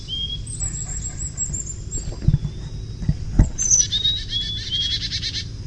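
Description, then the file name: Carolina chickadee gargle call: thin high whistles, then a rapid stuttering run of high notes in the second half, with a few dull low thumps. "CACH chickadee gargle"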